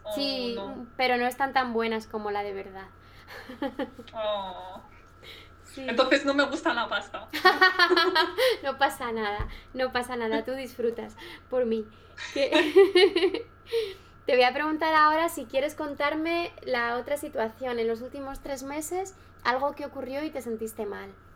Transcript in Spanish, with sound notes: Sí, pero no están tan buenas como la de verdad.
Entonces no me gusta la pasta.
(RISAS) No pasa nada, no pasa nada. Tú disfrutas por mí. (RISAS) Te voy a preguntar ahora si quieres contarme la otra situación, en los últimos tres meses algo que ocurrió y te sentiste mal.